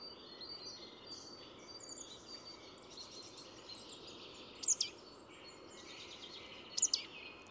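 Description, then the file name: Marsh tit calls: two sharp, high, brief notes about two seconds apart near the end, over a continuous busy chorus of other small birds. "Poecile palustris"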